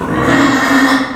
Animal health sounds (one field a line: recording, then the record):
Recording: squeal of a Yucatan mini pig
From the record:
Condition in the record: after surgery on the right vocal fold (resection and tissue-engineered implant)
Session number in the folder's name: 4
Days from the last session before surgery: 26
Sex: female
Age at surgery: 19 weeks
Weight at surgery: 25 kg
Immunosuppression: prednisolone